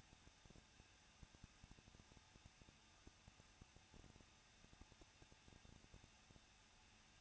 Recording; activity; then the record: daily activity, microphone in the room; no activity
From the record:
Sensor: 2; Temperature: 21.0 degrees Celsius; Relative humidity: 37.5%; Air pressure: 1006.2 hPa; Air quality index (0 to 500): 223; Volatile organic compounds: 25 ppm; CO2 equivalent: 2839 ppm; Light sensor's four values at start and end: 2/3/2/2 and 2/3/2/2